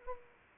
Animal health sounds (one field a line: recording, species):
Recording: mosquito wingbeat signal from an infrared sensor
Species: Anopheles arabiensis